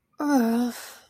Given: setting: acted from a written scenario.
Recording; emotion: vocal sound without words; embarrassment